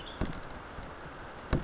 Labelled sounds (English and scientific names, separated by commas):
Western Tanager (Piranga ludoviciana)